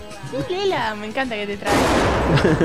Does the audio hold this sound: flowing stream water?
no